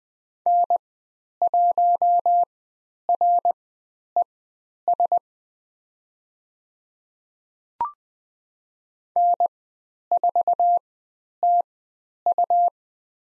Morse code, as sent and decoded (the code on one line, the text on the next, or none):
-. .---- .-. . ... / -. ....- - ..-
N1RES N4TU